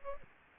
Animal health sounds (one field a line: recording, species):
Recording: mosquito wingbeat signal from an infrared sensor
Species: Aedes aegypti